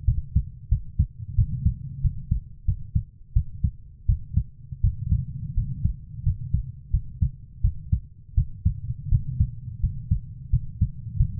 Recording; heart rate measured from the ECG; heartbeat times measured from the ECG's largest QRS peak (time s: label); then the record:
heart sounds by stethoscope; 86 bpm
0.05 s: heartbeat
0.69 s: heartbeat
1.35 s: heartbeat
2.01 s: heartbeat
2.65 s: heartbeat
3.33 s: heartbeat
4.06 s: heartbeat
4.81 s: heartbeat
5.54 s: heartbeat
6.23 s: heartbeat
6.91 s: heartbeat
7.61 s: heartbeat
8.35 s: heartbeat
9.09 s: heartbeat
9.80 s: heartbeat
10.50 s: heartbeat
11.17 s: heartbeat
From the record:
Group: healthy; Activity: rest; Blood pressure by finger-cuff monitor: 123/74 mmHg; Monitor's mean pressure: 91 mmHg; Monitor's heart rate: 86 bpm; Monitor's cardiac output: 7 L/min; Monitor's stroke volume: 81 mL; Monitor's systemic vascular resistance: 950 dyn s/cm5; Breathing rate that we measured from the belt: 16 breaths a minute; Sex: female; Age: 24 years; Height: 163 cm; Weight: 55.7 kg